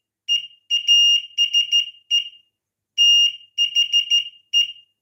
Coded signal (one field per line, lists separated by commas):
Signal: Morse code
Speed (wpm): 13 wpm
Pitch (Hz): 2850 Hz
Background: none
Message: EASE THE